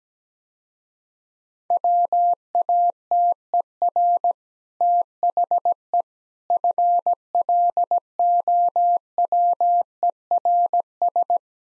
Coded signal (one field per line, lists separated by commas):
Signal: Morse code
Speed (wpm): 17 wpm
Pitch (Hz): 700 Hz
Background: none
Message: WATER THE FLOWERS